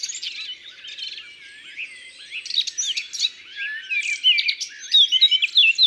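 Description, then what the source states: Eurasian blackcap singing, soft scratchy warble building to louder, sharper chirps and bright whistled phrases near the end. Recorded in Ardèche.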